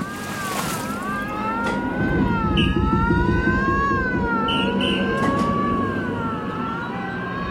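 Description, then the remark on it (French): Ship's sirens on a sinking ship whistle in a long, steady wail of wavering high tones that rise and dip gently, held loud over a dense low rumble for the whole stretch, with no voices. “Il a fallu l'envoi des premières fusées et le sifflement des sirènes pour que les gens commencent à comprendre.”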